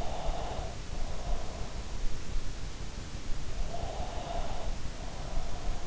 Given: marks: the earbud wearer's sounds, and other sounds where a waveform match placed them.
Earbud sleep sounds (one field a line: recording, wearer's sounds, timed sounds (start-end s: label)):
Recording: sounds in sleep by an in-ear microphone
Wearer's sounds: breath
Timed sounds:
0.00-1.71 s: breath
3.71-5.83 s: breath